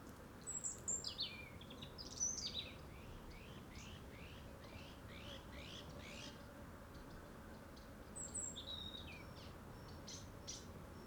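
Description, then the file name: European robin song: a run of quick descending notes repeated in a steady series, with thin high whistles before and after. "Erithacus rubecula"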